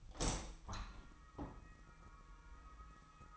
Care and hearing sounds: daily activity, microphone in the room; open window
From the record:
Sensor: 1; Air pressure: 1004.6 hPa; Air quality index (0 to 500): 109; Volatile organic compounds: 3 ppm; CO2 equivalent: 1499 ppm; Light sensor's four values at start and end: 8/21/8/9 and 9/21/8/9

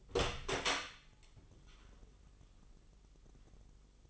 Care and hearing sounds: daily activity, microphone in the room; open door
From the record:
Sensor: 4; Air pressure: 996.9 hPa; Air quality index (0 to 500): 39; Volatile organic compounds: 1 ppm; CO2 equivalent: 636 ppm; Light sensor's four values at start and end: 19/45/18/19 and 18/42/17/18

